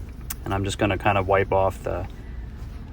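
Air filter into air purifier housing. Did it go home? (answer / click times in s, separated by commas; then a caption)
yes / 0.3 s. A replacement air filter, a different one from the original, is pushed all the way into the housing of a Mila air purifier until it seats with a short, sharp click at 0.3 s. Someone then talks over faint background noise.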